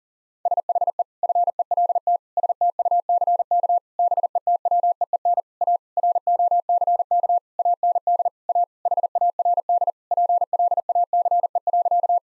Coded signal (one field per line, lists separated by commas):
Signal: Morse code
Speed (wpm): 37 wpm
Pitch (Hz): 700 Hz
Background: none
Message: SHE FELT STUCK BETWEEN A ROCK AND A HARD PLACE.